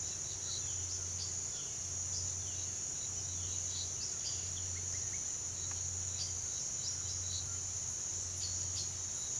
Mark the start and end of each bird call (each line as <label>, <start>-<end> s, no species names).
bird call, 0.83-1.76 s
bird call, 3.73-5.21 s
bird call, 6.14-7.48 s
bird call, 8.36-8.93 s